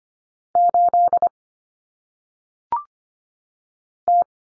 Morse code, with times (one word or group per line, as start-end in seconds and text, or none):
0.6-1.3 8
4.1-4.2 T